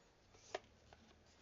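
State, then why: Seated. The lock catch on a homemade launcher mechanism is set after the projectile is loaded, giving a sharp click at 0.6 s as it hooks into place, followed by a fainter tick at 0.9 s. The catch is locked and seated.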